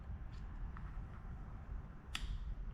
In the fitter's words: I heard a little clicking sound, which is good.